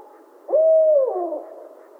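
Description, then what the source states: Barred owl giving a single hoot, a level, sustained tone that slides downward at the end before fading into faint hiss. Recorded 28 July 2011.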